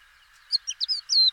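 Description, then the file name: Crested lark singing a brief phrase of sweet whistled notes, slurred up and down, finishing with a drawn-out falling whistle. "búbospacsirta-hangja"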